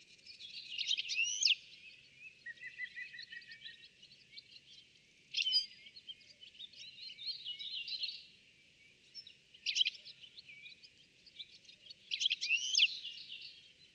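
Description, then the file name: European goldfinch giving bright, tinkling twittered bursts in several clusters at uneven intervals, with a short lower trill early on. "Carduelis carduelis"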